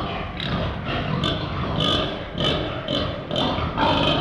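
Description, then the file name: Several pigs give repeated harsh squeals over a continuous bed of low grunting and rustling. Pigs in a pen. "Animal Pigs in a Pen"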